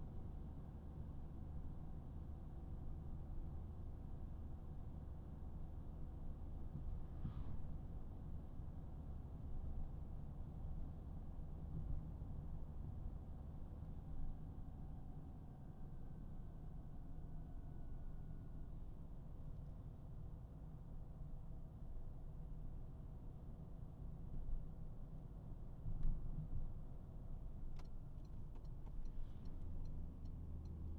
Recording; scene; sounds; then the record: everyday scene through a hearing-aid microphone; in a vehicle; engine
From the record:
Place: Berlingo II, diesel engine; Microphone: behind the ear, right, rear